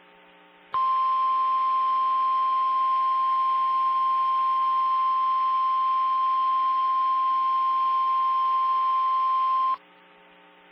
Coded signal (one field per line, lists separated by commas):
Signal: Emergency Alert System (SAME) tones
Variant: 1050 Hz attention tone